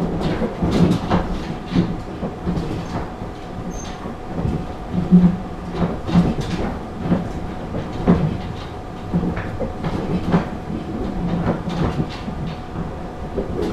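A train on the Rikuu-east Line runs steadily from Naruko Spa toward Naruko Gotenyu, with a constant low rumble and a faint steady hum. Sharp clicks and rattles from the wheels and car recur every second or so, with a louder clatter around five seconds.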